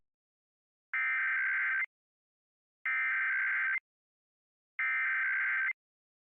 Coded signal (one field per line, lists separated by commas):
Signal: Emergency Alert System (SAME) tones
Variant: header bursts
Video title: Various Emergency Alert System (EAS) Tests - Week of 9/6/2021